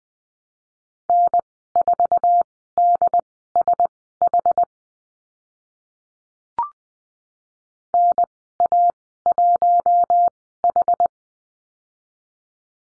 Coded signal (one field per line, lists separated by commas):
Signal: Morse code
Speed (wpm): 20 wpm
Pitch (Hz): 700 Hz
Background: none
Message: N4DSH NA1H